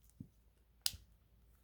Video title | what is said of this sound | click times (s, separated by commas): QUICK & SIMPLE - Subaru Key Battery Replacement Guide (Works for Most Models) | And you're going to just click those back into place. | 0.9 s